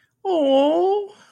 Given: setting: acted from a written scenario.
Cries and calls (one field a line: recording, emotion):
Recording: vocal sound without words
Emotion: adoration